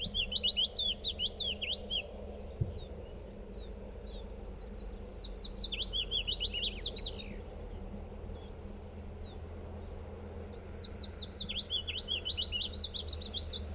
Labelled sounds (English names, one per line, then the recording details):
Willow Warbler
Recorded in the wild
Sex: male
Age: adult
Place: Thumsee, Bayern, DE
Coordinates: 47.7167, 12.8167
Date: 1964-06-03
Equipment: LGS26
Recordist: Faber, A. and Stumbrat
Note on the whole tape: Auf der Alpstraße Richtung Tumsee. Vogel wird durch Tonbandaufnahmen gelockt, daraufhin Lockrufe mit Flügelschlagen und Gesänge. Auch Aufnahmen vom 25.06.1964 um 11.30 Uhr